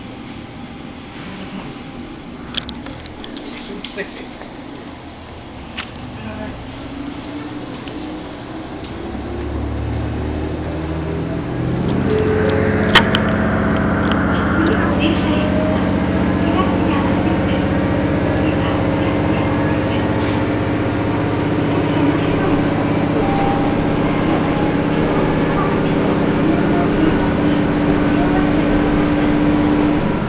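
Onboard a local diesel railcar as it pulls away: the first ten seconds are fairly quiet with scattered clicks and faint talk, then the engine drone climbs steadily. From about twelve seconds the low rumble holds loud and even, with clatter and a thin high whine above.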